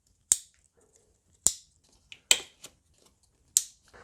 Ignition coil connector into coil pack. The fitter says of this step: now plug in the connectors until they click.